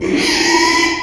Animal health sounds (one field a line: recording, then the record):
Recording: squeal of a Yucatan mini pig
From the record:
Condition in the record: after surgery on the right vocal fold (resection and tissue-engineered implant)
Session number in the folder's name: 2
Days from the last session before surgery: 13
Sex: male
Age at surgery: 12 weeks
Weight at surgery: 13 kg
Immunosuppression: cyclosporine, prednisolone